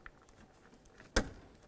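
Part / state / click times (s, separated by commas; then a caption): side mirror wiring plug into door harness connector / seated / 1.2 s. The side mirror wiring harness plug of a 2002-2006 Honda CR-V is pushed back into its mating connector inside the door. A few faint ticks and rustles come before a single loud, sharp snap at 1.2 s. The plug clicks in and is seated.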